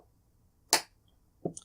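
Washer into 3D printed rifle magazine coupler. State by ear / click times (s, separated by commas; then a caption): seated / 0.7 s. A metal washer is pressed into its recess in a 3D printed plastic coupler for a Ruger 10/22 BX-1 rifle magazine, giving one sharp, bright snap at 0.7 s as it seats. Two fainter, shorter clicks follow at about 1.5 s and 1.6 s.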